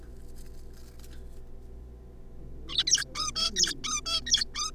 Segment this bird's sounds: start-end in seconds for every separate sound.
2.68-2.83, 2.87-3.04, 3.15-3.31, 3.36-3.51, 3.56-3.74, 3.84-4.01, 4.06-4.21, 4.27-4.44, 4.55-4.71